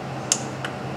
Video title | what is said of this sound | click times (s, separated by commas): Nissan Sentra: Battery & Brake Light On? | Push it till it clicks very gingerly. | 0.3 s